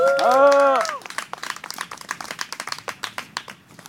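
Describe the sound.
A voice speaks briefly at the start, then an audience breaks into applause: many hands clapping in a dense, irregular patter that stays fairly steady to the end.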